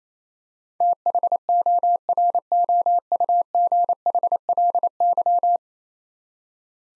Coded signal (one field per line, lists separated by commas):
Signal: Morse code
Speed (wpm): 28 wpm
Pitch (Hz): 700 Hz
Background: none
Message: THOROUGHLY